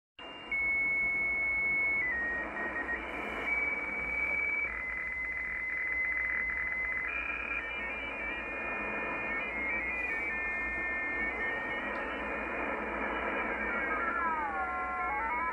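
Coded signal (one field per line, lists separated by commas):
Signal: multi-tone FSK (Olivia or MFSK type)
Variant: F07 16-tone MFSK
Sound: a single pure tone hopping between pitches around 2 kHz over hiss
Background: radio static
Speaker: so that very brief transmission you heard there is also part of the Russian number Station Network it's a station that's called f07 and it utilizes a different type of transmission digital transmission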